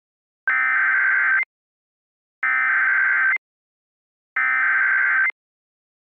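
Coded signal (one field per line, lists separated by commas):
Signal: Emergency Alert System (SAME) tones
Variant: header bursts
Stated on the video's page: Fictional EAS scenario using valid EAS tones; the events are purely made up.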